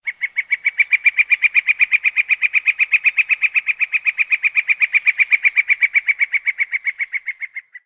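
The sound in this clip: Bird calling with a steady, fast series of short chirped notes, evenly spaced for nearly eight seconds, with no other sounds.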